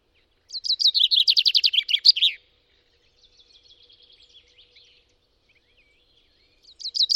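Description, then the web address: Common chaffinch song: one complete rattling descending phrase with a terminal flourish, quiet twittering afterward, and the start of another phrase at the end. "Deverinetal 2025"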